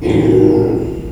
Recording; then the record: squeal of a Yucatan mini pig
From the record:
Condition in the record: before surgery on the right vocal fold (resection and tissue-engineered implant); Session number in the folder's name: 1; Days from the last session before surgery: -3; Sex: male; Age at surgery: 12 weeks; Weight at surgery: 13 kg